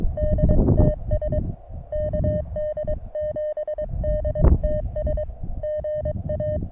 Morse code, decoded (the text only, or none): DTS KD7DTS GA